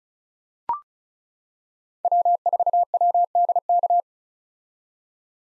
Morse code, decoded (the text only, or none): W4WDK